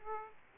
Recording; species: mosquito wingbeat signal from an infrared sensor; Aedes aegypti